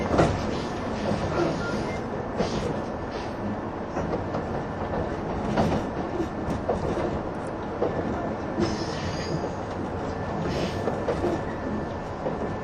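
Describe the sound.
Steady rumble of a 185 series train in motion, a dense low roar with faint clicks and brief bright squeals of wheels at intervals.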